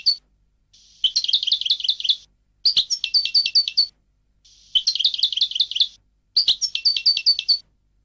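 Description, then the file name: European goldfinch song, four twittering phrases of quick repeated tinkling notes separated by short silences, two of them opening with a soft buzzy tone. "audio burung goldfinch"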